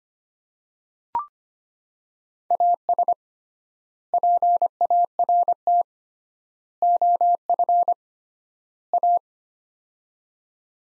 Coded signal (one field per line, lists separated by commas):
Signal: Morse code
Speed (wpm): 25 wpm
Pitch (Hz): 700 Hz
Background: none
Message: AS PART OF A